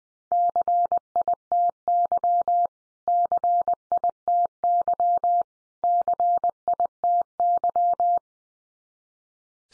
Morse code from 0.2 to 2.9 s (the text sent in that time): CITY